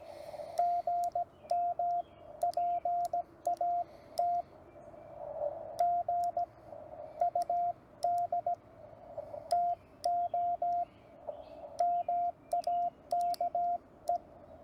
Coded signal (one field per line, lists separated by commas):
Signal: Morse code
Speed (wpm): 17 wpm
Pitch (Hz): 690 Hz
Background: radio noise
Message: GM PAT G UD TO MAKE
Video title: CW mistakes are OK! Get on the Air